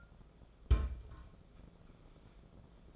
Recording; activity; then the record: daily activity, microphone in the room; place on stove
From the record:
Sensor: 5